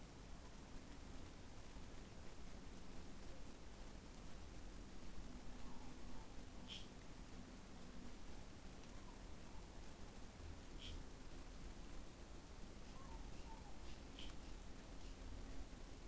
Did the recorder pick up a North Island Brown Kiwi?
no